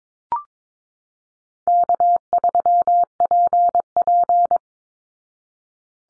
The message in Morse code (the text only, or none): K3PP